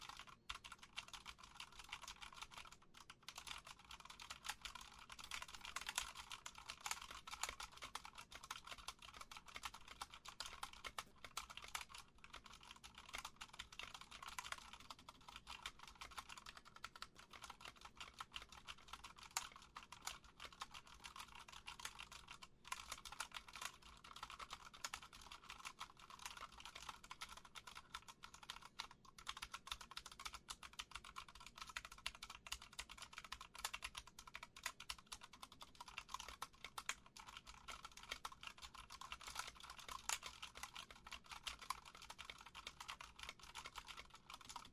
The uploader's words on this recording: Keyboard Tapping. The rhythmic dance of fingertips on keys.